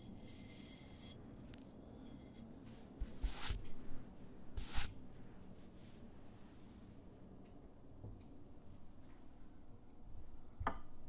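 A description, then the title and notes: Sparse tapping and scraping on objects over a steady low rumble. A bright, hissy rub opens the clip, then sharper hits land near 3 and 5 seconds, with a final quick tap just before the end. Between them, only faint scattered clicks. ASMR tapping on different objects at varied speeds. Soft and hard tapping with nails and finger pads.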